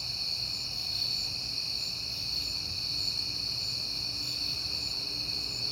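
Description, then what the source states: Crickets trilling continuously in a high, even chorus, and a soft low hum running underneath. Crickets at night in September, on a peaceful night.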